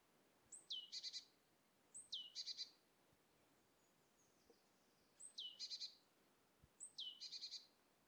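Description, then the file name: Great tit song: a high, thin downslurred whistle followed by a quick run of about five bright ringing notes, the phrase repeated four times at irregular gaps. "Parus major"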